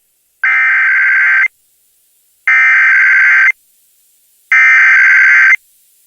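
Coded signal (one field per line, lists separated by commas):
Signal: Emergency Alert System (SAME) tones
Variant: header bursts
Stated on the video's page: Tornado warning SAME tones received off a broadcast AM station.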